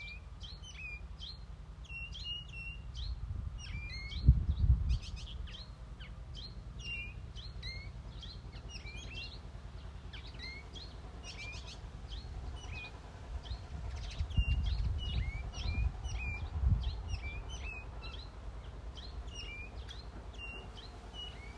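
Birds chirp and call steadily throughout, many short bright tweets overlapping densely from several birds. Beneath them runs a low rumble that swells briefly around four seconds and again near fifteen to seventeen seconds.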